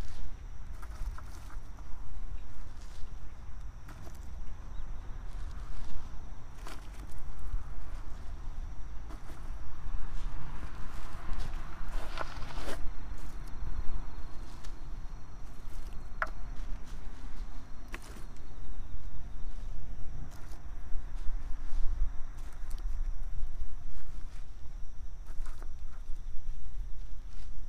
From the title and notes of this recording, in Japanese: 秋の、日が暮れ始めた16時過ぎ、ニンニクの定植。穴あきマルチに棒で穴を開け、1片ずつニンニクを入れたあと、土をかけていく。秋の夕方 ニンニクの定植。